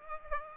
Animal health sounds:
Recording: mosquito wingbeat signal from an infrared sensor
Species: Aedes aegypti

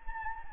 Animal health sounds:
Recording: mosquito wingbeat signal from an infrared sensor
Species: Anopheles gambiae

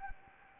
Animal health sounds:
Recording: mosquito wingbeat signal from an infrared sensor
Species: Anopheles gambiae

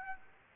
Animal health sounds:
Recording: mosquito wingbeat signal from an infrared sensor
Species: Aedes aegypti

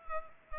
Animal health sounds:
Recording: mosquito wingbeat signal from an infrared sensor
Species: Culex pipiens

